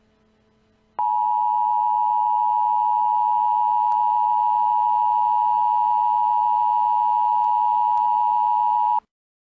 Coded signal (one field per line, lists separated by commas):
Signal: Emergency Alert System (SAME) tones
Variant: 853 and 960 Hz attention tone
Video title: EAS April Fools Scenario #2- Hillbilly EAS Interrupts Deliverance